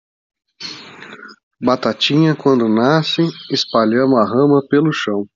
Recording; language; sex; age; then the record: short text; Brazilian Portuguese; male; 40 to 49 years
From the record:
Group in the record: control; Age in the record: 42 years